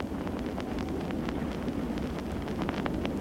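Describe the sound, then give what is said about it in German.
Wind rushes and buffets steadily outdoors, fluttering raised SA storm flags, a dense low rumble with faint crackling flutters scattered across it, continuous and even in loudness with no voices. “Sturmfahnen der SA, die sich bei dem Lied des guten Kameraden gesenkt hatten, flattern wieder aufgerichtet im Wind.”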